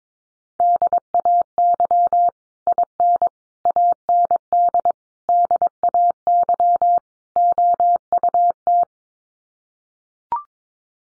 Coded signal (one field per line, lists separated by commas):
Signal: Morse code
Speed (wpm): 22 wpm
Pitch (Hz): 700 Hz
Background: none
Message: DAY IN AND DAY OUT